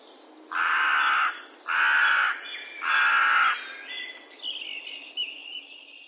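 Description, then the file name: Carrion crow giving three harsh, grating caws in quick succession, roughly one per second, followed by a thin whistled bird call in the background. "Corvus corone"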